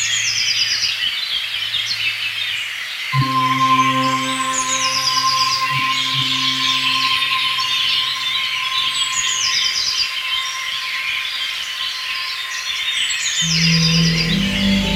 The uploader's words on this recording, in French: Variations pour synthétiseurs préparés et oiseaux du printemps. Les chants d'oiseaux ont été enregistrés le 26 mai 2020 au crépuscule et le 27 mai 2020 à l'aube dans les petits bois qui entoure mon lieu de vie et de création à Mittlach. Plusieurs couches mélodiques produites à partir de synthétiseurs modulaires jouant chaque note de musique de manière aléatoire (hauteurs, durées, vélocités...)